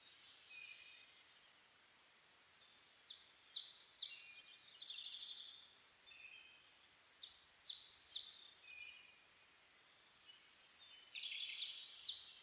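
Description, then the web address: Bird song: high, quick descending phrases and chirps in repeated clusters, with short quiet gaps and a busy burst near the end. Dawn chorus (reimei) recorded 10 May 2010. "reimei DH-D 50-saezuri-20100510-0401"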